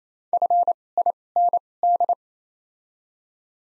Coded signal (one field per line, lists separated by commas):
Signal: Morse code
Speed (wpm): 27 wpm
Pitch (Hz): 700 Hz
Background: none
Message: F I N D